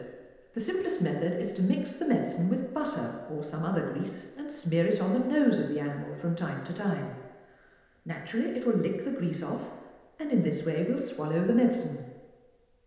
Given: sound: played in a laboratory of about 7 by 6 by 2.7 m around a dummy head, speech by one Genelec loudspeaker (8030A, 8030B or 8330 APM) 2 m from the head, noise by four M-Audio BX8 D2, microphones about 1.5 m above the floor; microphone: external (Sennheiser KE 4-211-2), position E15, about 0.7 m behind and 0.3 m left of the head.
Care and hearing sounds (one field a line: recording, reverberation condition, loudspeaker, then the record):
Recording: female speech in English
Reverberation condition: high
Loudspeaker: 150 degrees to the left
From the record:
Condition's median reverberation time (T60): about 1300 ms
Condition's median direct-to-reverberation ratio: about -4.0 dB